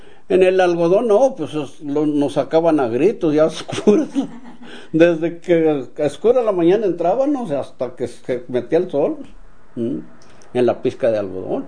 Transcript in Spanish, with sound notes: En el algodón no, pos nos sacaban a gritos ya a oscuras. (risas) Desde que oscura la mañana entrábanos, hasta que se metía el sol, en la pisca de algodón.